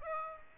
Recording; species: mosquito wingbeat signal from an infrared sensor; Aedes aegypti